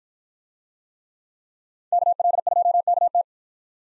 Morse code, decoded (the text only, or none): KL2KT